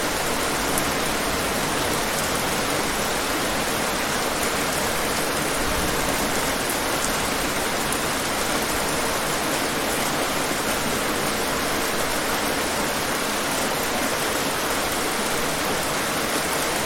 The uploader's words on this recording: Rainstorm Ambience: Deep Sleep, Study, and Relaxation with Heavy Rain Sounds at Night.